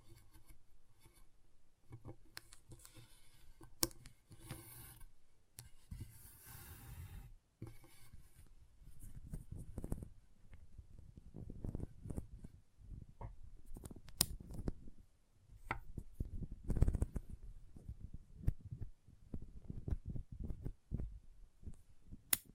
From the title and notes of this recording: ASMR Intense Magnetic Tingles (No Talking).